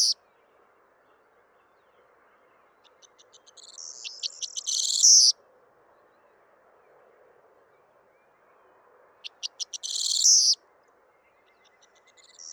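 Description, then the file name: Corn bunting singing twice, each song opening with sparse clicks that quicken into a short, glittering, jingling rattle; soft steady background hum between phrases. Song exchange between two rival birds, recorded 28 February 2020. "Corn-Bunting Song-between-two-rivals Alfes"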